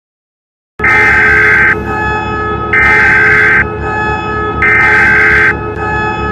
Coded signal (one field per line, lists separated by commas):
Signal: Emergency Alert System (SAME) tones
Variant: header bursts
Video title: WAKE ISLANDS EAS ALARM